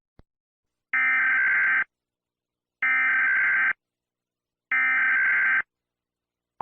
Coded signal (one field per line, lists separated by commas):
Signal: Emergency Alert System (SAME) tones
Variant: header bursts